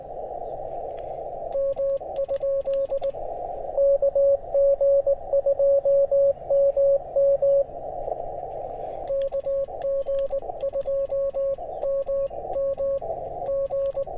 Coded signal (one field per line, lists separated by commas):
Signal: Morse code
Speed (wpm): 19 wpm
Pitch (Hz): 550 Hz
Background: radio noise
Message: M? KG2MM KG2MM G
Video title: Rolling with the punches: QRP CW POTA fun at US-3787 #qrp #cw #parksontheair #hamradio